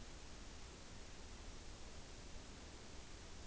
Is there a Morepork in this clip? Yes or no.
no